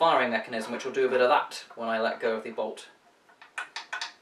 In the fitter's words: it locks in place